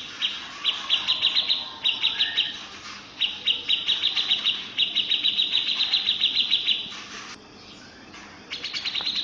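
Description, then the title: Grey-cheeked bulbul calling in fast, high chattering bursts of repeated notes, each run lasting about one to four seconds, separated by short pauses. "Cucak Jenggot"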